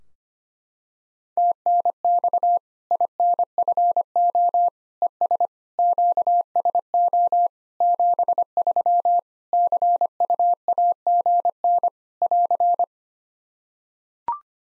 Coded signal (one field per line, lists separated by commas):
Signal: Morse code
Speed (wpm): 25 wpm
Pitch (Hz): 700 Hz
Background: none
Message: TNX INFO ES QSO 73 CUAGN <AR>